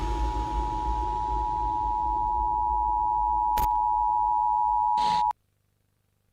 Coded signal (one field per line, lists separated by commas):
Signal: Emergency Alert System (SAME) tones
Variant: 853 and 960 Hz attention tone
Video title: Propaganda 011 Emergency Broadcast System - Format